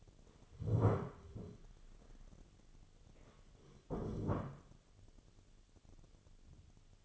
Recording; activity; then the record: daily activity, microphone in the room; stand up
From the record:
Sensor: 4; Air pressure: 1016.1 hPa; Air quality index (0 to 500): 170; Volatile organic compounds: 6 ppm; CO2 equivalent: 1940 ppm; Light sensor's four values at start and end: 9/20/8/7 and 9/20/8/7